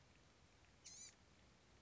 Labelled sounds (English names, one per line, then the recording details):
Blue-gray Gnatcatcher
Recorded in Sonoma County, California